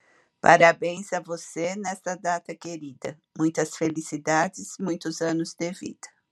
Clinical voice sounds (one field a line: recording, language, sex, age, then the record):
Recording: short text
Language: Brazilian Portuguese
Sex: female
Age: 60 to 69 years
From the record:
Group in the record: control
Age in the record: 62 years